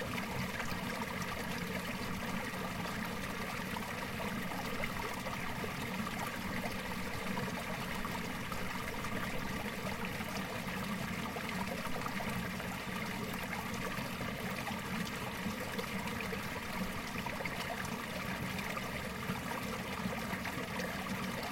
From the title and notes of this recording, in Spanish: Canal Inca Tipon Cusco by Alejandro Cornejo Montibeller.